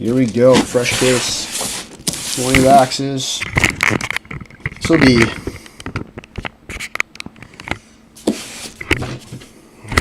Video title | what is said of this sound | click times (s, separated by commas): Sports Card Breaks! NHL #519! NHL #520! | freaking camera stand, it just like won't lock in anymore. | none